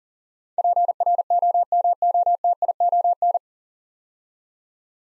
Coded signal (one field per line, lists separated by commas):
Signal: Morse code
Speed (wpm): 40 wpm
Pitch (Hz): 700 Hz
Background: none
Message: PROMOTION